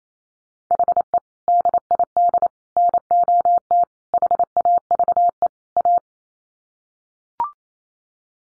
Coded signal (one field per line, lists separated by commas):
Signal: Morse code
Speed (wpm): 28 wpm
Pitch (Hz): 700 Hz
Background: none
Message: HE DID NOT HAVE A